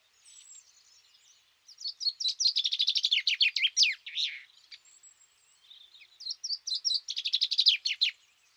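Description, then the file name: Common chaffinch giving two songs, each a fast series of bright notes, the first dropping to a terminal flourish, separated by a short pause. "Fringilla coelebs"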